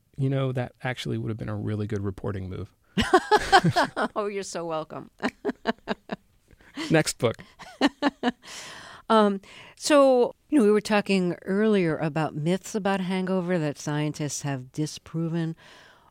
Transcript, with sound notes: You know, that actually would've been a really good reporting move.
(LAUGHTER)
Oh you're so welcome. (Laughing).
Next book.
(Laughing) So, you were talking earlier about myths about hangovers that scientists have disproven.